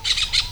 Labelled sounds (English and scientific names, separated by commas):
Brown-throated Parakeet (Eupsittula pertinax) contact call